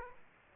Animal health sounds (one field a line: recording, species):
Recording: mosquito wingbeat signal from an infrared sensor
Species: Aedes aegypti